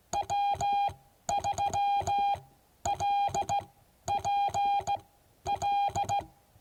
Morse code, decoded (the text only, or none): W3LPL